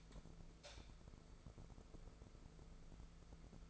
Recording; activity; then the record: daily activity, microphone in the room; light on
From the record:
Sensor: 5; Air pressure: 1014.7 hPa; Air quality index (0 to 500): 158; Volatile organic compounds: 5 ppm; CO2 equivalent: 1744 ppm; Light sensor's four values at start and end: 74/178/73/77 and 75/183/75/79